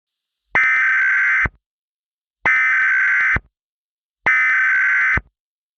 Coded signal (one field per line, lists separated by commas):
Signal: Emergency Alert System (SAME) tones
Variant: header bursts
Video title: EAS Scenario #6 Donater [Season 2]